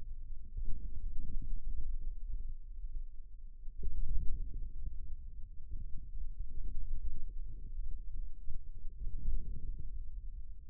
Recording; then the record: forearm muscle sounds (acoustic myography)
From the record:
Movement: radial deviation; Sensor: system 2, bracelet of six BSWA MPA416 microphones around the upper forearm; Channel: 2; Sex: male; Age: 22 years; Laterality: right